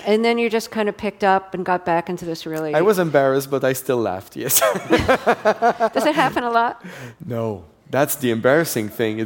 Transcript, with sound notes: And then you just kind of picked up and got back into this really...
I was embarrassed, but I still laughed, yes (laughter).
Does that happen a lot?
No. That's the embarrassing thing.